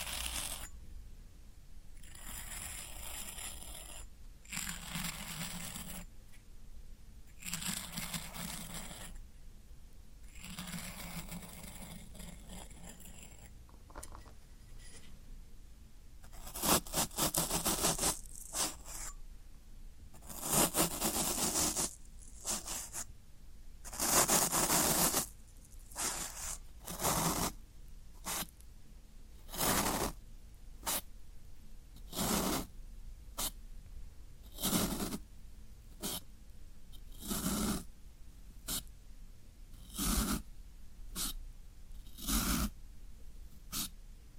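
Floral foam being handled, with scraping and crumbling textures. In the first fourteen seconds the sound is a fairly continuous rough rubbing. After that it turns into a series of sharp, bright crunches and snaps, repeating every second or two until the end.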